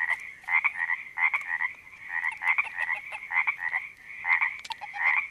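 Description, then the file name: Chorus of frogs with dense overlapping croaks and a persistent ringing drone, the calling swelling and easing throughout. Frogs recorded at a creek in Panoche Valley, California, on 02-04-08 (2008). "OMV-02-04-08-Panoche Valley CA Creek Frogs"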